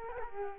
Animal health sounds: mosquito wingbeat signal from an infrared sensor; Culex quinquefasciatus

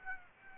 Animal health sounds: mosquito wingbeat signal from an infrared sensor; Aedes aegypti

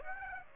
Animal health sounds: mosquito wingbeat signal from an infrared sensor; Aedes aegypti

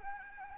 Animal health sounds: mosquito wingbeat signal from an infrared sensor; Anopheles arabiensis

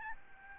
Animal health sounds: mosquito wingbeat signal from an infrared sensor; Aedes albopictus

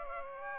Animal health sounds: mosquito wingbeat signal from an infrared sensor; Aedes aegypti

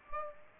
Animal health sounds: mosquito wingbeat signal from an infrared sensor; Aedes aegypti

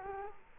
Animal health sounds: mosquito wingbeat signal from an infrared sensor; Culex quinquefasciatus

